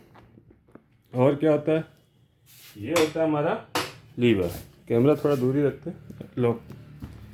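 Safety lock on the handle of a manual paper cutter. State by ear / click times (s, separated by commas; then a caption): not seated / none. Someone talks while handling the metal safety lock that holds the cutting handle of a manual A3+ ream paper cutter, a safety feature that keeps the handle from dropping while paper is being set. Faint taps come near the start between stretches of speech. The lock has not seated or clicked yet by the end of the clip.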